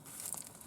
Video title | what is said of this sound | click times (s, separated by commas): Japanese Type 99 Arisaka Early War | clicks into place | 0.3 s